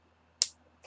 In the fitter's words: cap in place make sure it clicks in place now